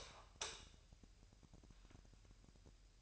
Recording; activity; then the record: daily activity, microphone in the room; light on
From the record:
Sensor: 2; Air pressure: 1001.7 hPa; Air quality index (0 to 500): 248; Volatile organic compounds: 36 ppm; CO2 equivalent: 3080 ppm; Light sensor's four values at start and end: 4/9/4/4 and 9/26/10/10